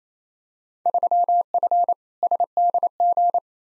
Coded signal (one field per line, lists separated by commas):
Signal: Morse code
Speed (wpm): 28 wpm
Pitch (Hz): 700 Hz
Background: none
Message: 3F SDG